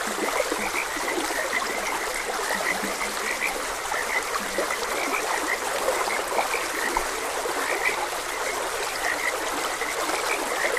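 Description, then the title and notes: Several frogs calling with scattered short chirps and low croaks, half buried under continuous flowing water. Frogs croaking beside a gentle stream. "Frogs Croaking. Sleep and Relaxation Podcast"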